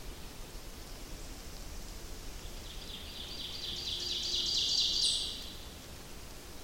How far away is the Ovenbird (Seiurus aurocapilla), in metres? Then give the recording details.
about 45 m. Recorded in boreal forest in Alberta, Canada, on 28 May 2016 at 07:22. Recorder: SongMeter 3, array SBT-3-49. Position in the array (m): 35 m, 192 m. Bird 15